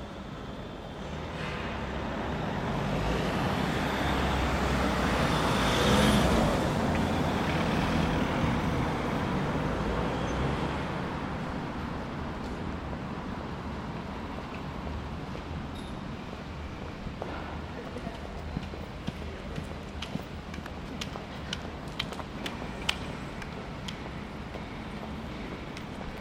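A London street corner with a constant low rumble of traffic. A vehicle swells past and peaks around six seconds, then the scene settles into a steadier hum. Later, sharp clicks and knocks, like footsteps or small impacts, punctuate the background, with faint voices.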